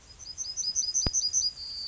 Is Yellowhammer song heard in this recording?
yes